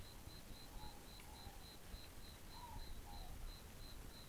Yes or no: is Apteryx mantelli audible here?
no